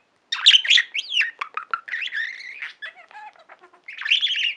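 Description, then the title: Budgerigar warbling chatter, starting with bright whistled swoops, then clicks and buzzy notes, closing with a loud raspy trill. "Budgie Sounds"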